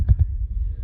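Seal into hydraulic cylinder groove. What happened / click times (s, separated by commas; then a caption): The rubber seal snapped into its groove / 0.1 s. On a Bobcat E45 excavator bucket cylinder repair, a rubber/polyurethane seal is twisted up, fitted into the groove of the hydraulic cylinder part and let go, snapping into place. A dull low thump is heard at 0.1 s, followed by a softer thump around 0.2 s over a steady low hum. The seal is seated in the groove.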